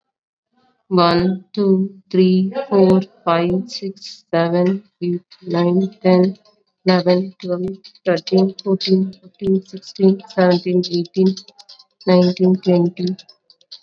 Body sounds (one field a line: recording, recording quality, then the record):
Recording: counting at a normal pace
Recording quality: moderate, slight background noise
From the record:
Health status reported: COVID-19 positive, mild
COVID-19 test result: positive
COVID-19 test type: rapid antigen test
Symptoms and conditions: cold, fever, diabetes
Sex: female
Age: 39 years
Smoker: no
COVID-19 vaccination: both doses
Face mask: worn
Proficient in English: yes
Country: India